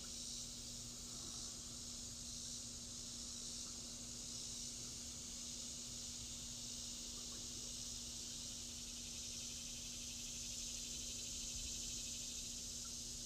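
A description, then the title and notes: Cicadas drone in a steady, dense, bright hiss without pause, over a constant low hum and faint rumble underneath. Cicadas.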